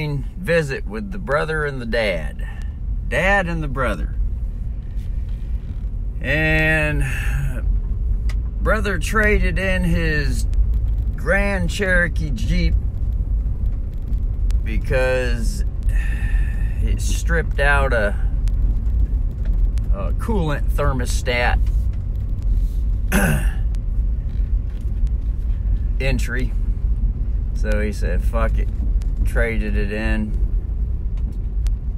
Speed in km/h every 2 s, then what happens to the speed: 3, 6, 7, 9, 11, 11, 11, 12, 11, 11, 11, 12, 11, 11, 11, 10.
0-8 speeds up to 11. 8-32 steady at about 11.